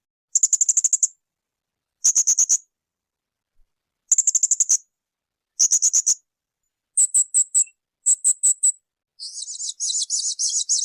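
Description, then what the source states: Spiderhunter song: bursts of rapid, sharp, very high chattering notes about every one to two seconds, closing with a harsher, buzzy rattling phrase. Continuous, clear, long-running song (gacor); intended as a tutor recording for birds.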